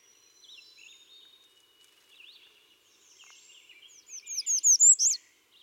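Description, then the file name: American redstart: a quick run of high, thin, rising-and-falling notes near the end, growing louder, after softer scattered chirps. "Setophaga ruticilla - American Redstart"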